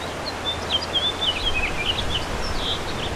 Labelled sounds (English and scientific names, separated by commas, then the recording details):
House Finch (Haemorhous mexicanus) song
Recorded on Long Island, New York, on 2 June 2012
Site CP
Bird D